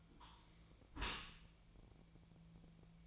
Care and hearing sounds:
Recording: daily activity, microphone in the room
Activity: close dishwasher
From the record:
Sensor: 1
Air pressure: 1000.5 hPa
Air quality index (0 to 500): 181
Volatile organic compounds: 4 ppm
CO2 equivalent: 1667 ppm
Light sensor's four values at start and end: 11/26/11/12 and 11/26/11/12

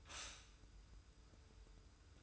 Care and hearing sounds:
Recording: daily activity, microphone in the room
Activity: stop toaster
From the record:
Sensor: 2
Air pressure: 990.6 hPa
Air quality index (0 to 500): 164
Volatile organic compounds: 829 ppm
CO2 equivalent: 5154 ppm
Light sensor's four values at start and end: 26/62/25/25 and 26/62/25/25

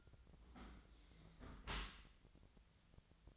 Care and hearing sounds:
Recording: daily activity, microphone in the room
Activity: close dishwasher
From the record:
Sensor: 3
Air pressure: 1003.1 hPa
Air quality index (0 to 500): 199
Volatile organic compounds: 6 ppm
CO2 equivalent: 1943 ppm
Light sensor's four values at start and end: 35/87/37/41 and 35/87/37/41

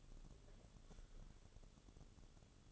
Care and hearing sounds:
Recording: daily activity, microphone in the room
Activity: take from stove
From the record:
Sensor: 4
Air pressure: 1008.9 hPa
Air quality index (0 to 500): 126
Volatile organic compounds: 1 ppm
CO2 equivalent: 923 ppm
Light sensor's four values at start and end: 11/24/10/9 and 11/24/10/9

